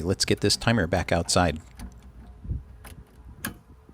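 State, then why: Seated. Someone talks, then a repaired pool timer mechanism is pushed back into its metal outdoor timer enclosure. A sharp snap rings out at 3.5 seconds as the mechanism seats in place.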